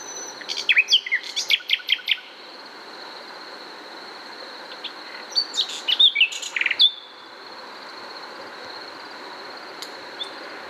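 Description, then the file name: Common nightingale song in two phrases of rapid chirps and whistled notes with a gap between, then quiet except a steady high hum. "Luscinia megarhynchos"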